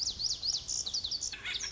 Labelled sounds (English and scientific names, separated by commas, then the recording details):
Lazuli Bunting (Passerina amoena)
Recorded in Sonoma County, California